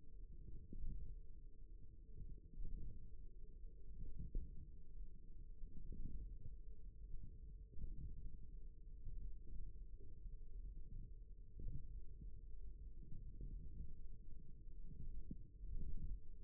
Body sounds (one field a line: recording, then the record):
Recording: forearm muscle sounds (acoustic myography)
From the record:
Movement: radial deviation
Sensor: system 1, eight BSWA MPA416 microphones around the upper forearm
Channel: 2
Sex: male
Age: 54 years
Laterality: right